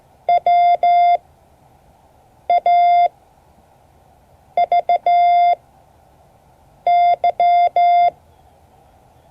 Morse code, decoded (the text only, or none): W A V Y